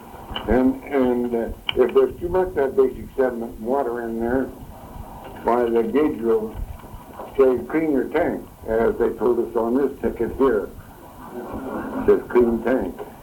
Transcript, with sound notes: and if there's too much of that basic sediment and water in there, why the gauger'll say, Clean your tank, like they told us on this ticket here. (laughter) It says, Clean tank.